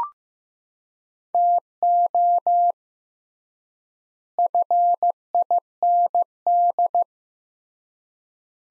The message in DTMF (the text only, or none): none